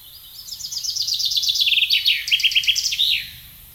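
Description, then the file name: Common chaffinch song, a single rattling series of bright notes that drops in stages and closes with a sharp downward flourish, over low rumbling background. "Fringilla coelebs"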